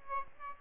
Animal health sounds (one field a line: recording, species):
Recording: mosquito wingbeat signal from an infrared sensor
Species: Aedes aegypti